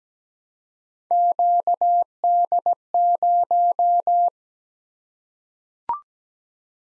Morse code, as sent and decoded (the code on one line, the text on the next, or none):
--.- -.. -----
QD0